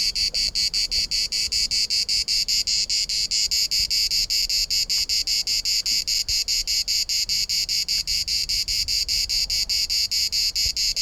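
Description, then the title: Cicada song, a harsh high buzz chopped into quick even pulses, several each second, without pause across the whole stretch. Sings on trees and shrubs; can repeat its phrase up to six times per second. "Cigala, cicada orni"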